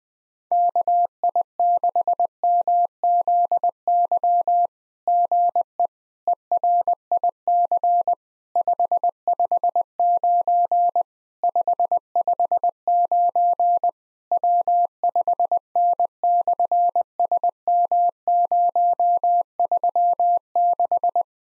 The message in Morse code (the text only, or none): KI6MZY GE ERIC 559 559 W5N/SM036